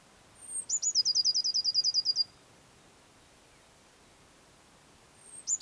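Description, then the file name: Eurasian blue tit song: a high thin note and a quick trill of bright repeated notes, with another phrase beginning just before the end. "Cyanistes caeruleus"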